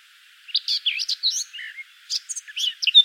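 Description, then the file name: Eurasian blackcap uttering a scattered, scratchy twitter of short varied notes, some high and squeaky, in two loose bursts separated by a brief pause. "Sylvia atricapilla"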